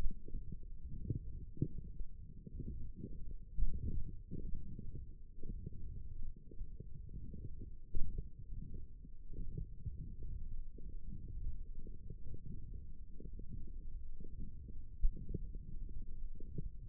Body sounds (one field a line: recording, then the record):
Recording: forearm muscle sounds (acoustic myography)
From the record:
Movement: forearm supination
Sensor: system 1, eight BSWA MPA416 microphones around the upper forearm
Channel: 4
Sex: male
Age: 21 years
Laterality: right